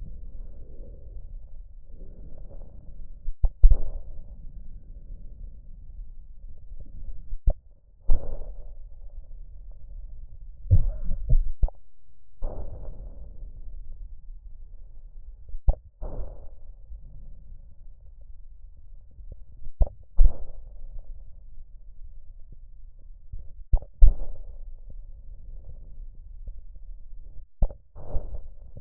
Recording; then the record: lung sounds by stethoscope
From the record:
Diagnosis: emphysema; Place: left posterior upper chest